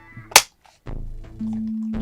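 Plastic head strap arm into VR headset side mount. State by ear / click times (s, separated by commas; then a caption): seated / 0.4 s. The plastic arm of a replacement head strap is pushed into its slot on the side of an Oculus Quest 2 VR headset body and clips home with a sharp, bright click at 0.4 s, confirming it is seated. A brief quiet follows, then a low droning background with a steady tone that holds to the end.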